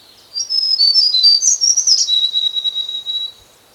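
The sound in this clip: White-browed shortwing song: a rapid, high tumbling warble rising in pitch, then running into a long level whistle.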